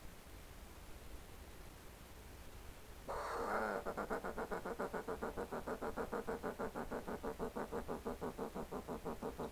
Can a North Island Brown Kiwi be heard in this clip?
no